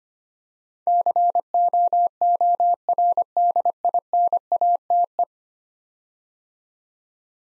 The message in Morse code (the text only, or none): COORDINATE